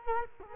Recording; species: mosquito wingbeat signal from an infrared sensor; Culex quinquefasciatus